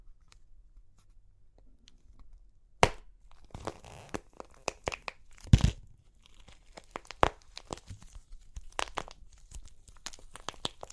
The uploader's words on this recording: Super Crunchy Clay Cracking (No Talking).